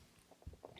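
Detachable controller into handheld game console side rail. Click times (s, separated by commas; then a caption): 0.6 s, 0.8 s. A detachable controller is slid onto the side rail of a Nintendo Switch 2 handheld console and snaps magnetically into place. After low sliding and shuffling noise, two short sharp clicks land at 0.7 s and 0.8 s as it seats.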